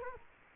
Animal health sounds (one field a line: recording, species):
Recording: mosquito wingbeat signal from an infrared sensor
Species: Culex quinquefasciatus